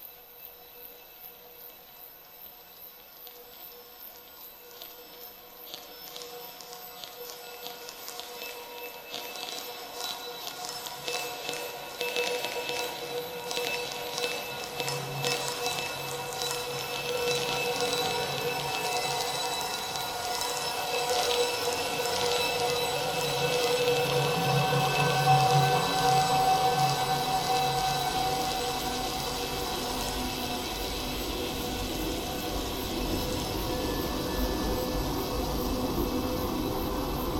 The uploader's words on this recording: Made from around 20 seconds of a contact microphone recording of chinese metal Baoding balls, heavily processed and repeated, remixed in Reaper.